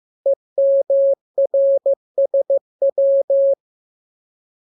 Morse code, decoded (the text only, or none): EMRSW